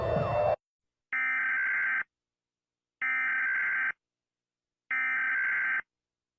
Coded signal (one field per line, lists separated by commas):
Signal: Emergency Alert System (SAME) tones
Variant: header bursts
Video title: Scariest EAS alarms #saudiarabia #germany #italy #finland #india #japan #pakistan #nigeria #usa